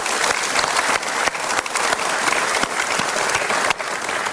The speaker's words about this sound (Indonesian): Sekali lagi kita berikan tepuk tangan.